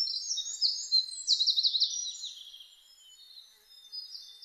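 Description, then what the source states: Bird song: a rapid, high-pitched run of thin sliding notes and dense trills that fade before a brief closing phrase. Birdsong; recorded 1 May 2005.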